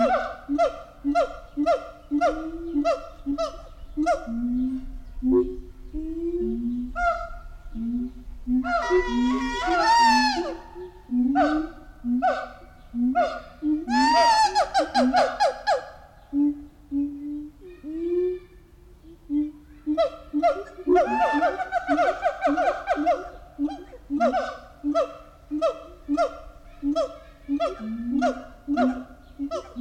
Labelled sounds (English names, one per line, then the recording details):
Siamang
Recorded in captivity
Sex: diverse
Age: diverse
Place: Zoo Berlin, Berlin, DE
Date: 1993-07-17 10:50
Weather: 20-22 °C, heiter-wolkig
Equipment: Marantz CP 430, Sennheiser ME 80, Kopie Uher Variocord 263
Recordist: Tembrock, Günter